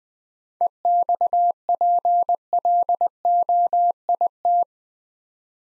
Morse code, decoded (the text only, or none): EXPLOIT